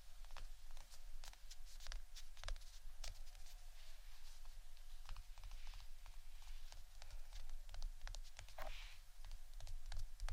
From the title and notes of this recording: ASMR 2 Types Of Tapping（No Talking）.